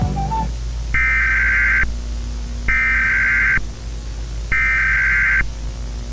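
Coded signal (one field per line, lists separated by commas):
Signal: Emergency Alert System (SAME) tones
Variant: header bursts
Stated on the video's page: Recreation of a fictional country's alarm, with custom voice.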